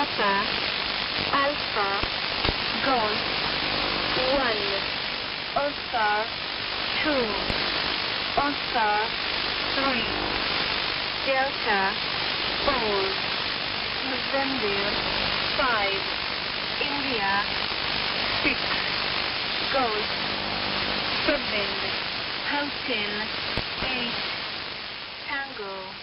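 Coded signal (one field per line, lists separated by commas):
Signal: numbers station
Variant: E10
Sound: voice reading short phonetic-alphabet words, evenly spaced, through heavy hiss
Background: radio static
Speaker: taking the identifier and the Letters Out of the message reveals the word good night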